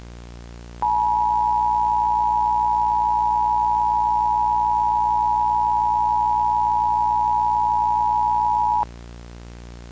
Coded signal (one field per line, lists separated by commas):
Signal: Emergency Alert System (SAME) tones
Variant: 853 and 960 Hz attention tone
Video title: Corny Catastrophe: An MLP Weather EAS Scenario Spinoff